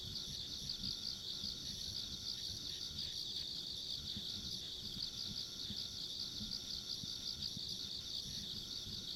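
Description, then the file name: A continuous shrill insect chorus with slight pulsing, thin higher trills, and a low rumbling background. Ambient insect sounds along a rural country road. "田舎道の虫の環境音"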